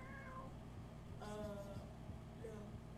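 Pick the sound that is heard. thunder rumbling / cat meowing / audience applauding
cat meowing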